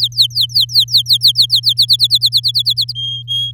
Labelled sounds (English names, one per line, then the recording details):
Domestic Canary song
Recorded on 6 May 2018 at 06:13
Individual llb16